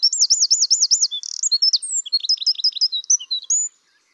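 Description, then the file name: Eurasian wren song, a loud high rapid warble opening with a run of rolling notes, then varied fast trills and chips for nearly four seconds. "Troglodytes troglodytes"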